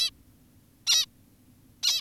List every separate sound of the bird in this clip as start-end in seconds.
0.02-0.10, 0.87-1.05, 1.83-2.00